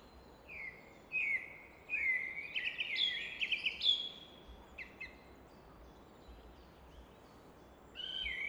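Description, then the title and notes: Common nightingale song with sweet whistled notes building into fast trills and a loud high flourish, then a pause and a fresh whistle, over faint rushing water. Evening at Fläsch, Switzerland; roar of the Rhine reflected off a rock face in the background; recorded with Fostex FR2 and MKH 800. "Fläsch, Schweiz - Abendstimmung Nachtigall. Im Hintergrund wird das Rauschen des Rheins von einer Felswand reflektiert"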